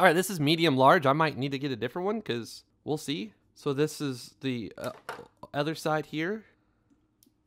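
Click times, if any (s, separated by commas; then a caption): 7.2 s. Someone talks while sliding the other half of a medium-large watch band into the opposite band slot on an Apple Watch Series 10 case. After the talking stops, a small, sharp click is heard at 7.2 s as the band seats in the slot.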